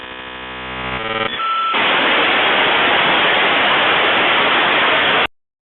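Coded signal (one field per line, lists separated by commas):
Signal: dial-up modem handshake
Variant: 56k modem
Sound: buzzy dialing tones, a short steady tone, then loud hissing static until cutoff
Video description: Dial up sound. 56k internet modem noise. Dial up modem connecting to the Internet. Phone dialing.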